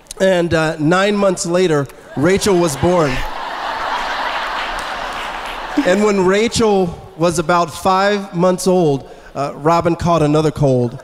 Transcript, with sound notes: And nine months later, Rachel was born! (laughter) When Rachel was about five months old, Robyn caught another cold,